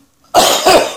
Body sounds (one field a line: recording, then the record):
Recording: coughing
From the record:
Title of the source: Spring Allergy Coughing